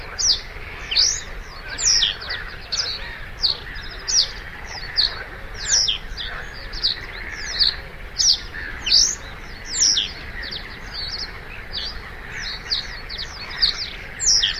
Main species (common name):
Reed Bunting